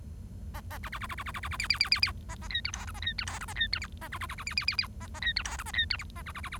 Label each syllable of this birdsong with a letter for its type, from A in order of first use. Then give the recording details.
A A B B B B B B B B B C C C C C A A D E F G A D E F G A D E H A B B B B C C C C A A D E F G A D E H A B B B B. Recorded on 1 October 2012 at 07:24. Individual or60yw70